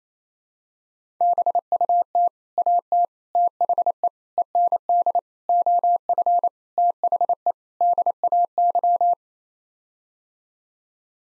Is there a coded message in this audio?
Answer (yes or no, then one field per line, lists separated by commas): yes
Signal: Morse code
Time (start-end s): 1.2-9.1 s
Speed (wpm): 27 wpm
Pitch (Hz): 700 Hz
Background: none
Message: BUT AT THE END OF THE DAY